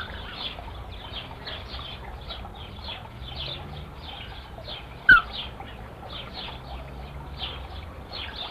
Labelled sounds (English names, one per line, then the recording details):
Andean Flamingo call
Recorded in captivity
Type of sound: call
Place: Zoo Berlin, Berlin, DE
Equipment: Halbspur, 9,5 cm/s
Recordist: Lütgens, Hans
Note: Rufe